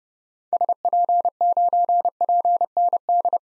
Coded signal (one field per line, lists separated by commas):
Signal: Morse code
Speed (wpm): 30 wpm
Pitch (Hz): 700 Hz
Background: none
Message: SP9PND